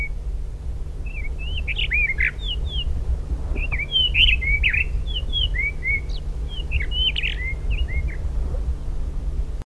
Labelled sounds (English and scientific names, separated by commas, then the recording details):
Blue Rock Thrush (Monticola solitarius) song
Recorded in the wild
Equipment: Halbspur, 9,5 cm/s
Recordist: Lütgens, Hans
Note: Erregungsgesang